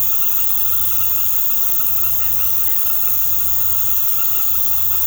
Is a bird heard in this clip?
no